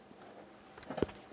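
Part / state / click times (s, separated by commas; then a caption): spark plug wire boot onto spark plug terminal / seated / 1.0 s. A rubber spark plug wire boot, greased with dielectric grease, is pushed down onto the spark plug terminal of a 2006-2010 Ford Explorer. After a quiet stretch, a short rustle builds and a sharp click lands at 1.0 s, followed by a few faint ticks. The boot seats on the plug.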